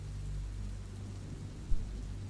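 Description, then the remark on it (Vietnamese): Steady rain and wind roar as a dense, low rumbling wash, with a brief heavier gust or rumble swelling near the end. “Mưa gió vẫn đi đụng rơi.”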